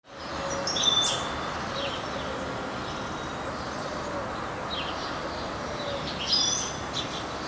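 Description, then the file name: European goldfinch giving brief high twittering chirps, one burst around one second and another near six seconds, with fainter notes between over a constant low rumble of background noise. "Carduelis carduelis"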